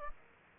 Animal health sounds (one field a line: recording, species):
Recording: mosquito wingbeat signal from an infrared sensor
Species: Aedes aegypti